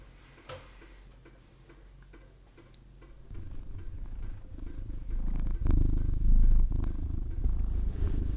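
A cat purrs steadily in a low, continuous rumble, starting soft and swelling noticeably louder partway through, with no voices present.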